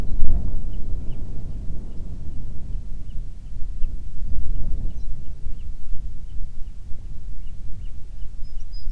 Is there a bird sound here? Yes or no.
yes